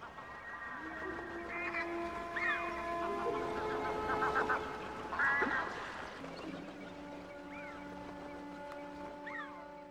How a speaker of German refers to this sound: Gänse.